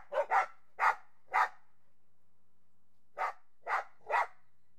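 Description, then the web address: Dog barking in two bursts of three to four quick sharp barks separated by a short silence. Border Collies and Labradors playing. "BBC Sound Effects Library Horses Dogs Border Collies And Labs Playing"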